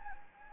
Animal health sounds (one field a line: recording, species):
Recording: mosquito wingbeat signal from an infrared sensor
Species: Anopheles gambiae